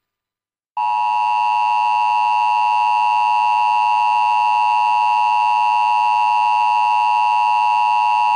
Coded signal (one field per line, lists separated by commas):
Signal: Emergency Alert System (SAME) tones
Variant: 853 and 960 Hz attention tone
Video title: ⚠️⚡️ #EAS #PuertoRico aviso de tronada severa 2–May-2024 5:42PM